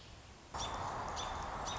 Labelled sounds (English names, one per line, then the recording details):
American Robin
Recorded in Sonoma County, California